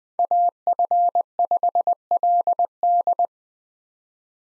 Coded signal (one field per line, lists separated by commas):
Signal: Morse code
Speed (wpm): 20 wpm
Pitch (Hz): 700 Hz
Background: none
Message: AF5LD